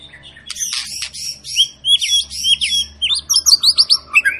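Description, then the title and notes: White-rumped shama song of high, sweeping whistled notes and quick chirps, speeding into a rapid run of sharp repeated notes toward the end. Long, vigorous lure song (pancingan) of a singing white-rumped shama, used to make other birds sing. "Pancingan Murai Batu Gacor Panjang. muraiku"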